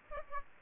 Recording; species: mosquito wingbeat signal from an infrared sensor; Aedes aegypti